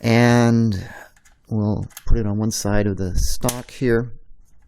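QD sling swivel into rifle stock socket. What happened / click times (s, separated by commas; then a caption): The swivel is being handled and has not yet snapped into its socket / none. A push-button quick-detach sling swivel with a flush button, made by Troy Industries, is handled next to the QD socket on one side of a polymer Bravo Company BCM Gunfighter AR15 stock while someone talks. Faint handling noises come between the words, and the clip ends just before the swivel goes into the socket, so nothing has seated or clicked yet.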